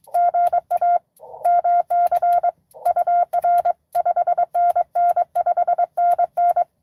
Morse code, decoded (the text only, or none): GA MC UR 5NN 5NN